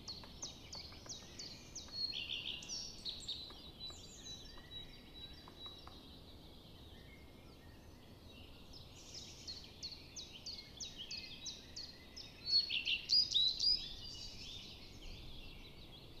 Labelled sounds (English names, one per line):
Common Redstart song